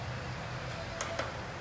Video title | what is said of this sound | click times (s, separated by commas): K77895ABS-PTP, 700R4 4L60E 4L65E High Performance Corvette Servo installation performed by Phoenix T | you put in a snap ring there you hear it click that's what you | 1.0 s, 1.2 s